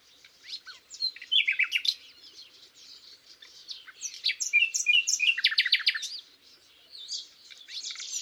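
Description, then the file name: Common nightingale singing varied, dense phrases of sharp chirps and quick rattling notes, pausing briefly between louder bursts. "Luscinia megarhynchos"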